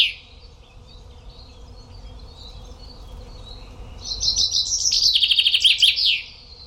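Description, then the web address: Common chaffinch song, a single descending trilled phrase with a final flourish arriving after several seconds of faint chirps and quiet background. "Deverinetal"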